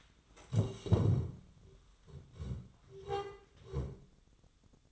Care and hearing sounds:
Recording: daily activity, microphone in the room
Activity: stand up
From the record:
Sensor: 3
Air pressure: 1005.0 hPa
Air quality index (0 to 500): 91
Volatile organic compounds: 3 ppm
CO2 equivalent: 1419 ppm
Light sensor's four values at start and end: 9/22/9/9 and 9/21/9/8

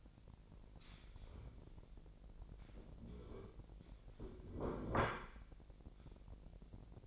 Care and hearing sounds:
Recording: daily activity, microphone in the room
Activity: stand up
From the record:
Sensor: 5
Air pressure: 1001.7 hPa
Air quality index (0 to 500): 244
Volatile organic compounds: 29 ppm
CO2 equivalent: 2927 ppm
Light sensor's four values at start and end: 45/108/44/46 and 45/107/44/46

